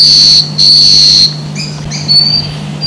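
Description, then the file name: Scaled antbird calls: two loud, drawn-out high whistles in quick succession, followed by softer short high notes and a brief final whistle, over a constant low hum. Recorded at Juquiazinho, Juréia Ecological Station, Brazil, on 7 November 2008. "Drymophila-squamata-Juquiazinho-EEJureia-7-11-08-ASilveira"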